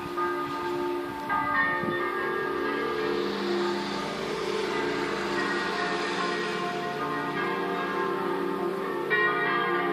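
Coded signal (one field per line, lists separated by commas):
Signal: bell signal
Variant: distesa, three bells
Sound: several church bells swinging continuously, overlapping rich ringing strikes with long decays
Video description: infine per un funerale distesa delle tre minori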